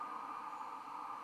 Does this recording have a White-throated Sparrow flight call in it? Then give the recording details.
no. No flight call is heard. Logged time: 03:18 on 15 December 2014